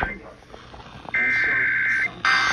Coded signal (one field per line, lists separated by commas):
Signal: Emergency Alert System (SAME) tones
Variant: header bursts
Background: speech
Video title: (RARE) Resend of Local Area Emergency on WNSB, WZLV & WTPC (New EAS #479 & 480)